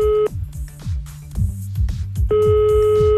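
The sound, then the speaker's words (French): A steady electronic ringing tone sounds on a phone line as a call is placed on NRJ radio, breaking off briefly and then starting again, while a low, rhythmic musical beat pulses underneath. “Bon, ben c'est pas grave, du coup on a notre numéro de téléphone. On va tenter notre chance chez cette nouvelle personne.”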